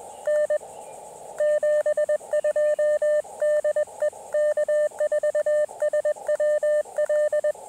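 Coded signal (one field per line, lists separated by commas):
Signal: Morse code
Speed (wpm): 21 wpm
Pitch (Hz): 590 Hz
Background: radio noise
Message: N 72 DE K4SWL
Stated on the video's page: QRP CW Parks on the Air activation at a state park using Elecraft KX2 with Bamatech TP-III paddle, Packtenna random wire antenna.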